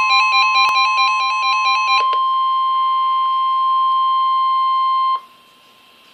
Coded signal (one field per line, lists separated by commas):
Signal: Emergency Alert System (SAME) tones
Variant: 1050 Hz attention tone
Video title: Special Marine Warning (EAS #78)